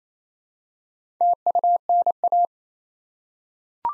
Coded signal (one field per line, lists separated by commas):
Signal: Morse code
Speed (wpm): 27 wpm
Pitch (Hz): 700 Hz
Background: none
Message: TUNA